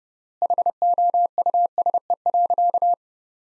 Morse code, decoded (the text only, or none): HOUSE.